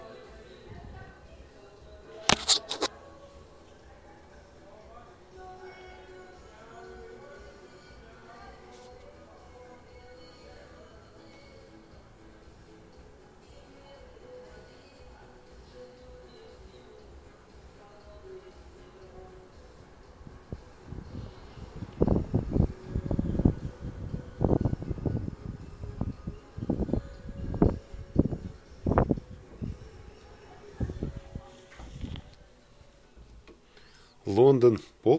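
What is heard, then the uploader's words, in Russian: A quiet London residential street after midnight: a low steady hum, a sharp click early on, then bursts of voices from twenty seconds. Лондон, половина первого ночи. Спальный район.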